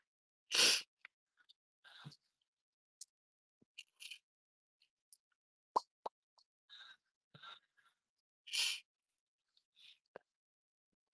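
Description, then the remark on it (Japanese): Scattered light taps and clicks of an Apple Pencil stylus on a tablet screen while working on a manuscript, irregular and quiet, broken by a couple of short, breathy swiping strokes. No one speaks. “いやー、今は原稿やってんの。来年のさ、アップルペンシル動かなくなってくさ。”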